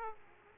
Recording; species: mosquito wingbeat signal from an infrared sensor; Aedes aegypti